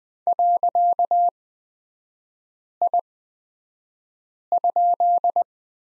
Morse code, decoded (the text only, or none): .I?